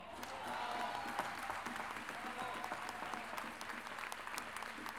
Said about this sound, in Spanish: Un gran aplauso para todos mis hermanos, mis compañeros de trabajo y de labor.